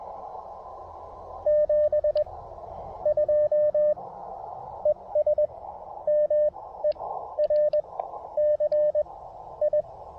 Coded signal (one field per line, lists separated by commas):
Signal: Morse code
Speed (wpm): 20 wpm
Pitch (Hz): 600 Hz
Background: radio noise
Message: 72 ES MERCI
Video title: Testing a 20M Vertical Delta Loop Antenna While Activating Holmes Educational State Forest!